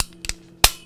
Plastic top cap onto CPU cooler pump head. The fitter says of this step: So now I can take the top cap again, push it on and make sure it clicks, which isn't that easy.